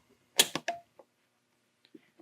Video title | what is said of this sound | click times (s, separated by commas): How To Install Door Components on a 1987 R10 Truck | can hear it lock into place and that's installed | 0.7 s